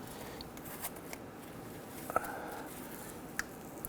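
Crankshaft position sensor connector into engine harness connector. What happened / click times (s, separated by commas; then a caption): The connector clicked together / 3.4 s. A crankshaft position sensor's plastic electrical connector on a 2017-2020 Hyundai Elantra 2.0L is lined up and pushed into its mating engine harness connector. Faint rustling and small handling ticks lead to a sharp click at 3.4 s as the connector seats, followed by one more light tick near the end.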